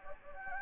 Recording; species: mosquito wingbeat signal from an infrared sensor; Anopheles gambiae